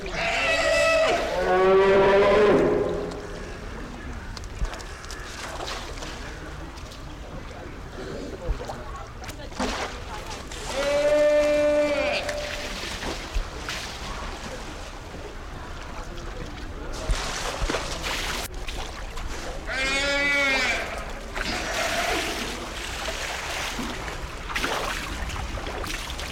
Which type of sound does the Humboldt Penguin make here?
call